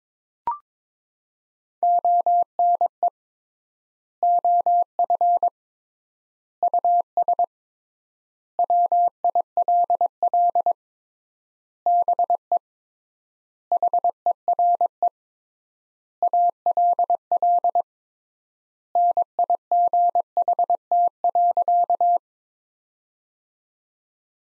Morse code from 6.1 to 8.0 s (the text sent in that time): US